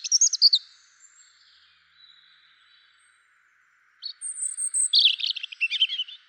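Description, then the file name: European robin singing a brief high twittering phrase, a quiet pause, then a longer phrase of thin drawn-out whistles and rapid tumbling notes. "Erithacus rubecula"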